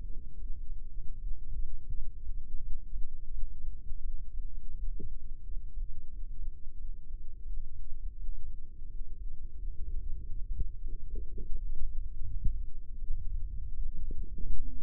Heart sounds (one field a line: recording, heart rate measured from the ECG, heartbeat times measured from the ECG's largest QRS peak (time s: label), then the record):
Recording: heart sounds by microphone in the left ear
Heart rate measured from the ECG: 85 bpm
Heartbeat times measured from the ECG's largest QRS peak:
0.37 s: heartbeat
1.18 s: heartbeat
1.93 s: heartbeat
2.62 s: heartbeat
3.30 s: heartbeat
4.01 s: heartbeat
4.75 s: heartbeat
5.45 s: heartbeat
6.10 s: heartbeat
6.76 s: heartbeat
7.44 s: heartbeat
8.16 s: heartbeat
8.87 s: heartbeat
9.54 s: heartbeat
10.18 s: heartbeat
10.80 s: heartbeat
11.48 s: heartbeat
12.22 s: heartbeat
12.98 s: heartbeat
13.74 s: heartbeat
14.47 s: heartbeat
From the record:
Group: healthy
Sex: female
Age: 24 years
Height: 163 cm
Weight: 55.7 kg